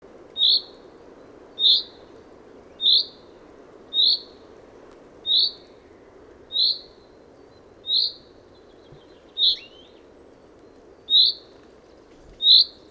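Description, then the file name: Common chaffinch call, a short sharp high note repeated steadily about every 1.3 seconds, ten times, against a low continuous rumble. "Fringilla coelebs"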